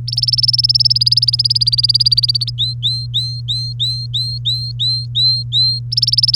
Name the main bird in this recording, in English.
Domestic Canary